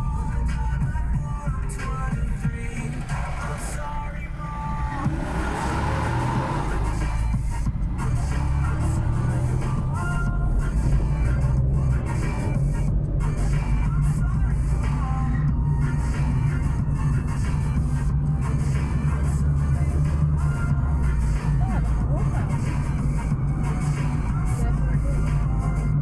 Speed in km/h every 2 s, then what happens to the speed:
13, 4, 3, 11, 19, 30, 36, 41, 42, 45, 50, 53, 48.
0-4 slows to 3. 4-19 speeds up to 50. 19-26 steady at about 50.